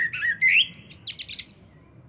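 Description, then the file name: Common blackbird gives a short whistled phrase of rising fluty notes, ending in a burst of high squeaky twitters. "Turdus merula"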